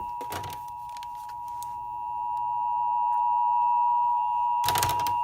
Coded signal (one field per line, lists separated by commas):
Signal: Emergency Alert System (SAME) tones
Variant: 853 and 960 Hz attention tone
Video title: WTF... NOAA Radio (EAS # 355-359) Law Enforcement Warning And Civil Emergency Messages!